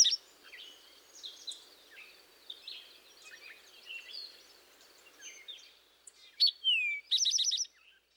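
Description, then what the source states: Rufous-sided Towhee song near the end: two notes, the second falling, then a fast ringing trill, after several seconds of soft chirping in the background. Song, commonly represented as 'drink your tea'.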